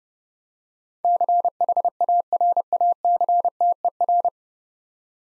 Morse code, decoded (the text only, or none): CHARACTER